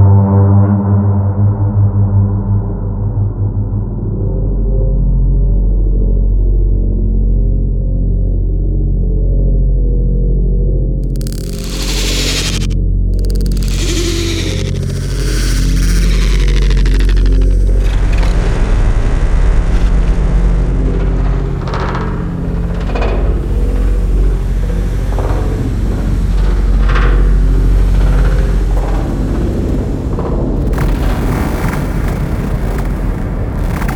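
A dark, gong-like drone hums low and steady, then bright metallic swells and hissing bursts rise around 11 seconds and recur throughout.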